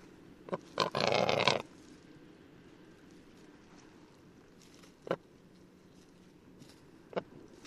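Rackelhahn (black grouse × capercaillie hybrid): rackelhahn uttering a brief click and a rough rasping croak, followed by two isolated sharp clicks several seconds apart.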